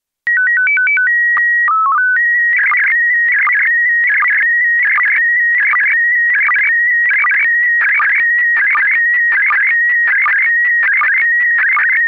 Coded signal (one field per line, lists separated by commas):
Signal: SSTV (slow-scan television)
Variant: PD 180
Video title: Daily Minutes, August 27, 2016, there was only SSTV in PD180 today